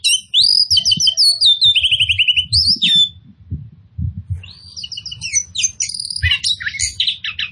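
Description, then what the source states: Oriental magpie-robin delivering fast rattling trills and buzzy whistled phrases, a short pause midway, then dense chattering notes, with low clattering knocks underneath. Local variety called kacer poci, described as gacor, singing vigorously and persistently.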